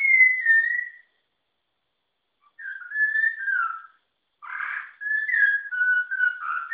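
Malabar whistling thrush whistling a meandering, tuneful song, with clear sliding notes in phrases broken by a pause of about one and a half seconds, then a rougher burst before more whistles.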